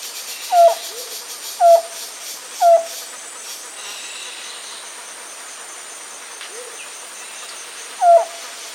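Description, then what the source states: Amazonian Antpitta singing: short, hollow whistled notes about a second apart, three in a row, then a gap and one more. Steady hiss runs throughout. South America.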